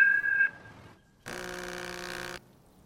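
Phone dialing tones as Ralph calls Vanellope in an animated film: a short, steady high electronic beep, a brief pause, then a louder, buzzier tone held for about a second before cutting off. No one speaks.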